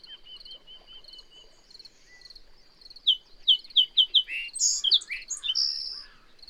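Bird song: a faint steady high insect-like pulsing, then from three seconds a run of loud, sharp descending notes breaking into a fast, varied jumble of high chirps.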